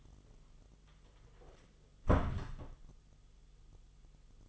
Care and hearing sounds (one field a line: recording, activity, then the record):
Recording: daily activity, microphone in the room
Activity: close door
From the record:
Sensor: 4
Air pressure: 1005.8 hPa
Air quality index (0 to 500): 72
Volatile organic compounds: 1 ppm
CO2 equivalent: 870 ppm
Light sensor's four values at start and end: 13/29/11/11 and 13/31/12/11